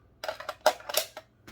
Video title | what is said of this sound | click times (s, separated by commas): DSA Polymer Magazine | just click right in. But the problem with those | 0.7 s